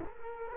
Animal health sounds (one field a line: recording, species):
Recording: mosquito wingbeat signal from an infrared sensor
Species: Culex quinquefasciatus